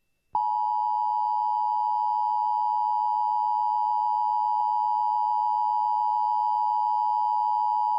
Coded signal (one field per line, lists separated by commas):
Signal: Emergency Alert System (SAME) tones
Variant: 853 and 960 Hz attention tone